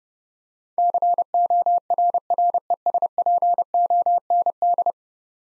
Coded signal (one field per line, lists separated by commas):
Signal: Morse code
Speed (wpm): 30 wpm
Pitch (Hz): 700 Hz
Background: none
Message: CORRESPOND